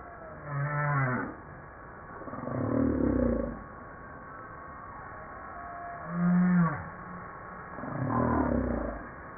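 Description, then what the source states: Humpback whale singing a repeating phrase of low tonal moans that alternate with rough groans. Recorded 5 March 1994.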